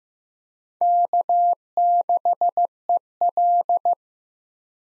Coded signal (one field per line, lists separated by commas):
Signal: Morse code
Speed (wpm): 15 wpm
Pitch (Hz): 700 Hz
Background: none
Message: K6EL